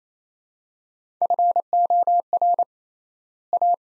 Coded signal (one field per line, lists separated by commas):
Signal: Morse code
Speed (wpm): 27 wpm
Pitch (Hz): 700 Hz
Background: none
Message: FOR A